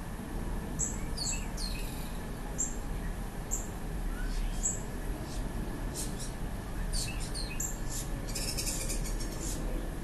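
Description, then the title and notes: Birds giving short high chirps and twittering notes scattered throughout over a steady low rumble, likely the plane's engine drone. Birds recorded with a plane on 30 August 2020. "8-30-20 The Birds & the plane"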